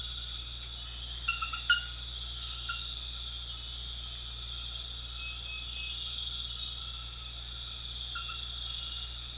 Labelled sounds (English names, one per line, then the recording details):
none
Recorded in pastures near Puerto Asís, Putumayo, Colombia, on 4 March 2025 at 22:00
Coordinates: 0.502, -76.324
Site GP07